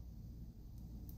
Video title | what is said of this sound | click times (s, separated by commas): Amazon Fire HD 8 Tablet: How to Insert / Eject SD Card Properly & Check | so I'm gonna go ahead and press in till I hear like a little snap or a little click just like that | 1.1 s